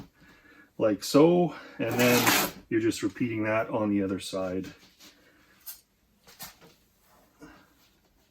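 A filter retaining clip is being moved into position on the ventilator housing while someone talks about repeating the filter mounting on the other side. Faint handling sounds follow the speech, but the clip has not snapped into the housing hole yet.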